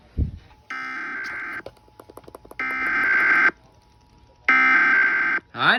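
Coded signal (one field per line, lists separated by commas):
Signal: Emergency Alert System (SAME) tones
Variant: header bursts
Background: speech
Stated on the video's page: Kentucky required monthly test relayed on a TV station.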